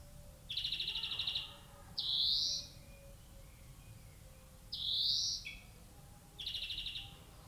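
European greenfinch: a buzzy trill, two long rising wheezes, then a final buzzy trill.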